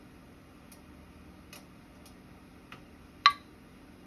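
Jars of salsa cool after a boiling water bath while a metal canning lid on a glass jar pulls down under vacuum and seals with a sharp pop at 3.3 s, the second lid to pop so far. Faint ticks come at about 1.5 s and 2.7 s over a quiet, low background before the loud pop.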